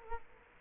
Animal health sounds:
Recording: mosquito wingbeat signal from an infrared sensor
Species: Culex quinquefasciatus

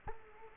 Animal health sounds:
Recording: mosquito wingbeat signal from an infrared sensor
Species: Culex quinquefasciatus

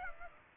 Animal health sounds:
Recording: mosquito wingbeat signal from an infrared sensor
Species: Aedes aegypti

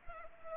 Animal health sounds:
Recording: mosquito wingbeat signal from an infrared sensor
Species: Culex pipiens

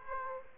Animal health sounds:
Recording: mosquito wingbeat signal from an infrared sensor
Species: Aedes aegypti

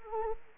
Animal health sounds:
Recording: mosquito wingbeat signal from an infrared sensor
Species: Anopheles arabiensis

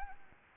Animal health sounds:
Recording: mosquito wingbeat signal from an infrared sensor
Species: Anopheles arabiensis

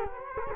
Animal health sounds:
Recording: mosquito wingbeat signal from an infrared sensor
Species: Culex quinquefasciatus

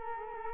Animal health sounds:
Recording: mosquito wingbeat signal from an infrared sensor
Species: Culex quinquefasciatus

